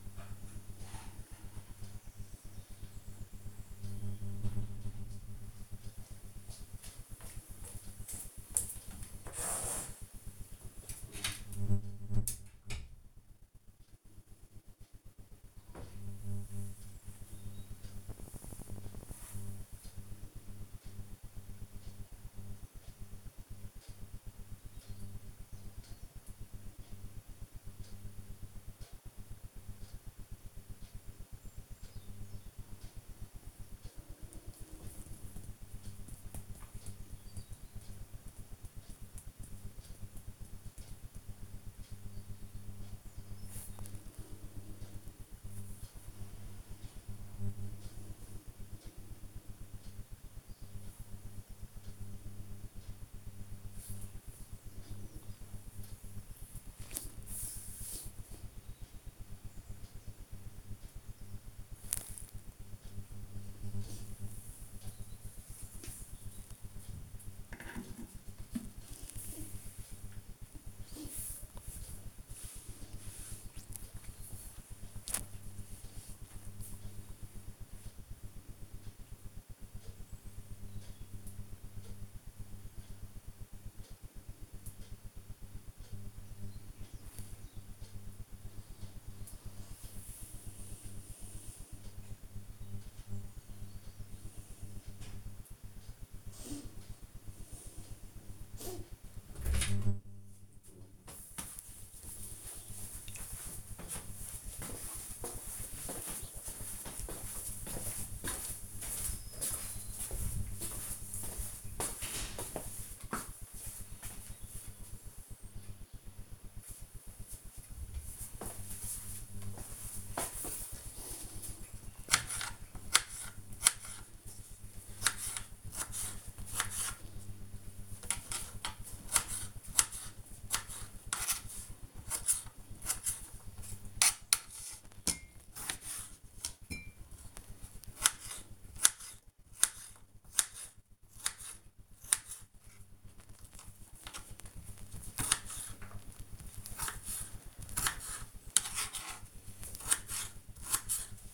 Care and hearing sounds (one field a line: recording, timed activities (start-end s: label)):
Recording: household activities, microphone on the right wrist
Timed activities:
46.85 s: note: voice
119.14-151.34 s: cutting vegetables